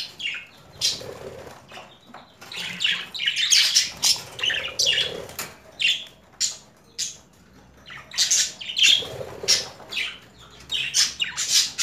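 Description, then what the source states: Budgerigar chatter: clicks, squawks and scratchy warbles in uneven bursts, busier in the middle and near the end. Female budgerigar; mixed sounds.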